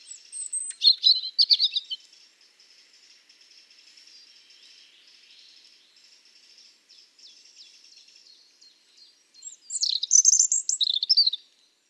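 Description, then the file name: European robin delivering a sparkling warbled phrase, then a long stretch of faint high hiss-like twittering, and another bright tumbling phrase near the end. "Erithacus rubecula"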